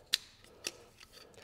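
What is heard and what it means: A second plastic wiring harness connector is plugged into the engine ECU of a Lexus IS300 turbo build (2JZ-GE NA-T), and its locking clip is closed the same way as the first. One loud, sharp click sounds at 0.1 s, followed by a quieter tick at 0.7 s and a few faint ticks afterward. The connector is seated and the harness is hooked up.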